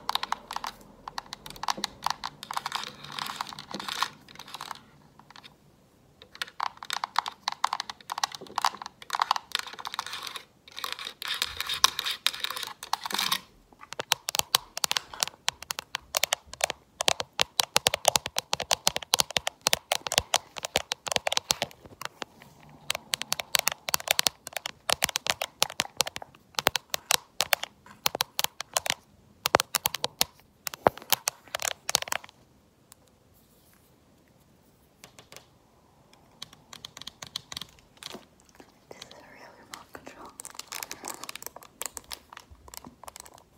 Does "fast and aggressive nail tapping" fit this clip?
yes